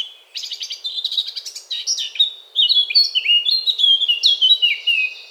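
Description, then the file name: Eurasian blackcap song that opens with fast, buzzy chattering and moves into a sequence of bright, descending whistled notes. "Sylvia atricapilla"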